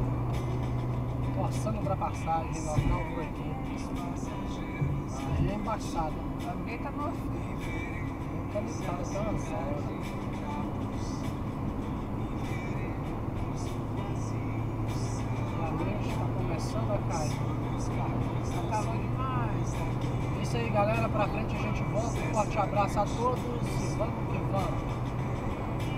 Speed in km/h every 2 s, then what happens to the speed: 102, 100, 102, 104, 107, 112, 116, 121, 125, 128, 129, 130, 130.
0-6 steady at about 102. 6-17 speeds up to 128. 17-26 steady at about 129.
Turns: none.